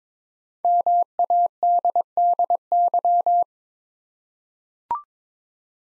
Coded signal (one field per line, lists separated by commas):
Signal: Morse code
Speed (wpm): 22 wpm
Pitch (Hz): 700 Hz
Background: none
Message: MADDY